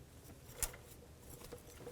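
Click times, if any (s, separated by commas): 0.6 s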